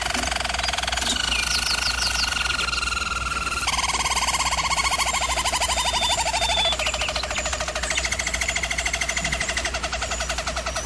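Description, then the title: German Roller canary song, unbroken rolling trills that change pitch every few seconds, over a low steady hum. German Roller canary singing, for canary song training. "German Roller Canary Singing - Canary Training Vid"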